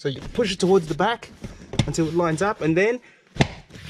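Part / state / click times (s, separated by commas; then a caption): rear seat backrest into white retaining clip / seated / 3.4 s. On a Mercedes-Benz C-Class W204, the rear seat backrest is pushed toward the back until it lines up, then pushed down into its white retaining clip while someone talks. A single sharp click at 3.4 s marks the clip snapping home and the backrest seating back in place.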